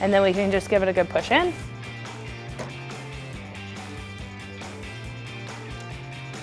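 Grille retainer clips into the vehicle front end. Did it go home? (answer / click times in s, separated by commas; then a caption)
no / none. An aftermarket RedRock 4x4 Gladiator-style grille with amber LED lighting is being fitted to a Jeep Wrangler JL, its retainer clips lined up with the holes in the front end, starting at the top, to be pushed in by hand. Someone talks over background music for about the first 1.5 seconds, then the music continues alone. Nothing has seated or clicked yet.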